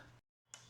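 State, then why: Seated. A light module is pushed back into a wall sconce housing. A low hum drops to silence, then returns with a single sharp click at 0.5 seconds as the module seats in place.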